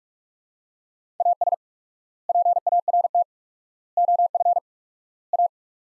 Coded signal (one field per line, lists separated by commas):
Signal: Morse code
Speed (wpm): 47 wpm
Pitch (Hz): 700 Hz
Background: none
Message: AS PART OF A